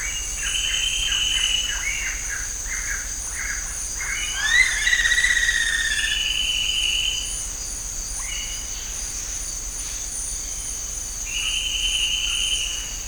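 Bird calls: a run of short repeated notes, then sliding notes and several long buzzy trills, all against a steady high insect hum.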